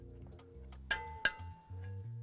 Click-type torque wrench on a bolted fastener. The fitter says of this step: hear that click I can feel it in the handle as well that tells me that these Fasteners are now tightened to the